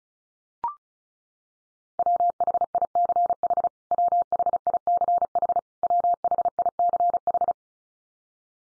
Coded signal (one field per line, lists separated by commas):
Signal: Morse code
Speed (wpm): 34 wpm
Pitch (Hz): 700 Hz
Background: none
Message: WHICH WHICH WHICH